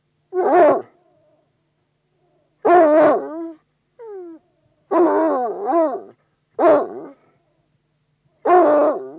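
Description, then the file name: Bloodhound giving deep, harmonic barks and bays at irregular intervals, some doubled and wavering, with one brief softer yelp in between. "Digiffects Sound Effects Library - Bloodhound Dog Barks"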